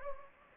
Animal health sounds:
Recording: mosquito wingbeat signal from an infrared sensor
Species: Anopheles gambiae

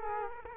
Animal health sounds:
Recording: mosquito wingbeat signal from an infrared sensor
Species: Culex quinquefasciatus

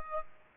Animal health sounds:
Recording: mosquito wingbeat signal from an infrared sensor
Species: Aedes aegypti

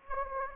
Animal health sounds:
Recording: mosquito wingbeat signal from an infrared sensor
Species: Anopheles gambiae

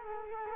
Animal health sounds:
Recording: mosquito wingbeat signal from an infrared sensor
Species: Culex quinquefasciatus

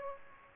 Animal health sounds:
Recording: mosquito wingbeat signal from an infrared sensor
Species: Aedes aegypti

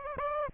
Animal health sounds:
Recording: mosquito wingbeat signal from an infrared sensor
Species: Aedes aegypti

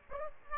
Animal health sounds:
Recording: mosquito wingbeat signal from an infrared sensor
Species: Aedes aegypti

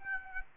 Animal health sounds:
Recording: mosquito wingbeat signal from an infrared sensor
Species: Aedes aegypti

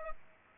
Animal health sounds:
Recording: mosquito wingbeat signal from an infrared sensor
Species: Aedes aegypti

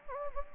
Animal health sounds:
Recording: mosquito wingbeat signal from an infrared sensor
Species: Anopheles gambiae

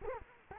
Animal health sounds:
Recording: mosquito wingbeat signal from an infrared sensor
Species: Culex quinquefasciatus

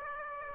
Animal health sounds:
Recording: mosquito wingbeat signal from an infrared sensor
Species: Aedes aegypti

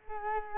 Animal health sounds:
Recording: mosquito wingbeat signal from an infrared sensor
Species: Culex quinquefasciatus

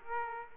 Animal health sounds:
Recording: mosquito wingbeat signal from an infrared sensor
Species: Aedes aegypti

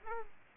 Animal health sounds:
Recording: mosquito wingbeat signal from an infrared sensor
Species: Aedes albopictus

